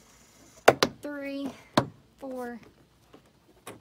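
Plastic clips on the door trim panel of a 2006 Toyota Highlander are pressed into the inner door shell during a window motor actuator replacement. Two loud, sharp knocking snaps are heard at 0.7 s and 0.8 s while someone talks, followed by another knock and quieter taps. The clips are seated.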